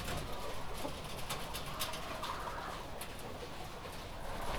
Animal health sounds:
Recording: poultry house recording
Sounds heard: healthy chickens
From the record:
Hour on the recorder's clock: 19

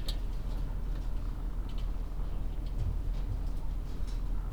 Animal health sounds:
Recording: poultry house recording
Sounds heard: sick chickens (respiratory disease)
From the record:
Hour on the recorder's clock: 20

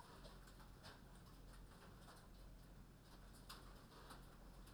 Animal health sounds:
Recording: poultry house recording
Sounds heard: healthy chickens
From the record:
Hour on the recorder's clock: 21

